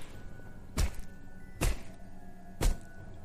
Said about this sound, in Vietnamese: Tiếng búa vang lên khắp cả nghĩa địa mênh mông trong u tối. Mẹ nó chứ, sao lần này nó dài thế? Bình thường tao chặt hai nhát mà xong, bây giờ 3-4 phát rồi nó còn vẫn còn dính da này.